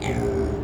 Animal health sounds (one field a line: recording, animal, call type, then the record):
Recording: contact call of a hoofed animal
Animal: pig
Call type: closed-mouth grunt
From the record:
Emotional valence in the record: negative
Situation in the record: short social isolation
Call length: 0.65 s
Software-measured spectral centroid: 1880 Hz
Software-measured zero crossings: 1020 a second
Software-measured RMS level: -24 dBFS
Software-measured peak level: -13 dBFS